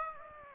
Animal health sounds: mosquito wingbeat signal from an infrared sensor; Aedes aegypti

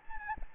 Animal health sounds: mosquito wingbeat signal from an infrared sensor; Anopheles gambiae

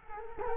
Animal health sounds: mosquito wingbeat signal from an infrared sensor; Culex quinquefasciatus

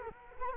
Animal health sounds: mosquito wingbeat signal from an infrared sensor; Culex quinquefasciatus

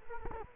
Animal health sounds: mosquito wingbeat signal from an infrared sensor; Culex quinquefasciatus

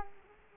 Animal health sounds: mosquito wingbeat signal from an infrared sensor; Culex quinquefasciatus

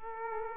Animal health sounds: mosquito wingbeat signal from an infrared sensor; Aedes aegypti

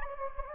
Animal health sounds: mosquito wingbeat signal from an infrared sensor; Anopheles gambiae

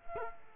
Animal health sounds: mosquito wingbeat signal from an infrared sensor; Culex quinquefasciatus

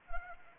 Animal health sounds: mosquito wingbeat signal from an infrared sensor; Anopheles arabiensis

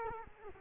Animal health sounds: mosquito wingbeat signal from an infrared sensor; Culex quinquefasciatus

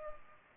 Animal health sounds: mosquito wingbeat signal from an infrared sensor; Culex pipiens

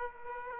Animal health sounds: mosquito wingbeat signal from an infrared sensor; Aedes aegypti

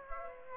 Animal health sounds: mosquito wingbeat signal from an infrared sensor; Aedes aegypti

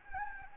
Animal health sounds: mosquito wingbeat signal from an infrared sensor; Anopheles gambiae

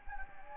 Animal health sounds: mosquito wingbeat signal from an infrared sensor; Anopheles gambiae

